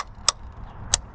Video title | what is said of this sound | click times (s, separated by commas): 🚗😮 DO THIS BEFORE AN OIL CHANGE!! -- SEAFOAM Treatment for CARBON ELIMINATION | unos dos o tres clics. | 0.3 s, 0.9 s